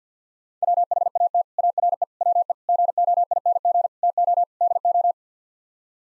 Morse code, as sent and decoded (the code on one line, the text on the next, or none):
.-- .... .- - / .- .-. . / .-- . / --. --- .. -. --. / - --- / -.. ---
WHAT ARE WE GOING TO DO